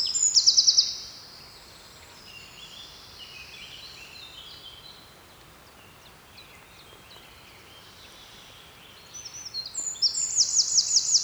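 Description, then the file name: Eurasian wren producing brief high, rapid trills, one at the start and another near the end, separated by a long hissy lull with faint high notes. "Troglodytes troglodytes"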